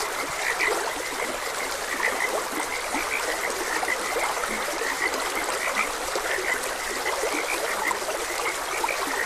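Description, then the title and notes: Frogs croaking in brief, scattered high notes, partly buried in a steady hiss of running water. Frogs croaking beside a gentle stream. "Gentle Stream and Frogs Croaking - Calming Sounds of Nature. Sleep and Relaxation Podcast"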